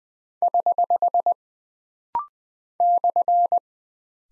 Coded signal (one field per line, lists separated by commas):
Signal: Morse code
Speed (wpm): 20 wpm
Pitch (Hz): 700 Hz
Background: none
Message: <HH> /